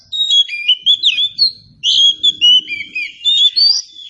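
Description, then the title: Oriental Magpie-Robin song, strong clear whistles with rising and falling slurs delivered in quick phrases. "Nyaut Kacer"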